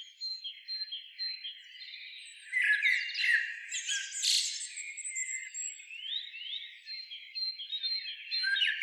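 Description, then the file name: Eurasian blackbird singing a dense, varied warble of squeaky and twittering notes, with a louder burst of high, scratchy twitters in the middle. "Turdus merula"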